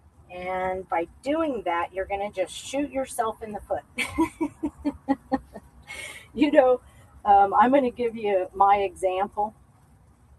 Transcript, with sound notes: And by doing that, you're going to just shoot yourself in the foot. (laughs) You know, um, I'm going to give you my example.